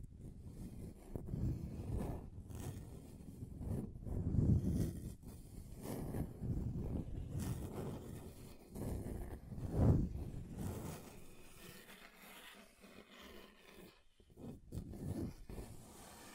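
A table is scratched across different surfaces, giving a low, rough, growling scrape that swells and fades in uneven strokes. The loudest pushes come around four and ten seconds. Near the end the scraping thins out, with a brief hush before a final few strokes.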